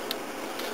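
Small plastic peg-and-hole clips on both arms of a TFP Commander Dreadwing transforming robot toy jet are pried apart by hand. The arm clip releases with a sharp click at 0.1 s over a low steady background, leaving the arm unclipped.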